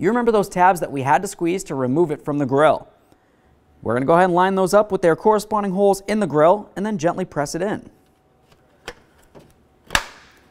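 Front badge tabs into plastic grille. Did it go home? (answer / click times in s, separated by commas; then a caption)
yes / 10.0 s. Someone talks while the front badge's plastic tabs, the ones squeezed to remove it, are lined up with their holes in the plastic grille of a 2004–2006 Scion xB. Then the badge is pressed in, with a few light taps and a sharp click at 10.0 s as the badge clips snap into the grille and seat.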